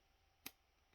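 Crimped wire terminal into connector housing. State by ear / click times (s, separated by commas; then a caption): seated / 0.5 s. A crimped terminal pin on a ground wire is slid into a plastic power connector housing for a Dell PowerEdge R720/R730 riser to EPS 12V Tesla power cable. A single sharp, bright click sounds at 0.5 s against a quiet background as the pin latches. The pin is seated in the housing.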